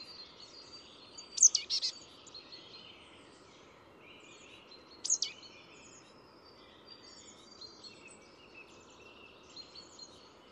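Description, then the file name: Marsh Tit calls: two sharp high bursts, a quick downward note followed by a short buzzy string, about four seconds apart, with faint chirps of other birds behind. "Poecile palustris"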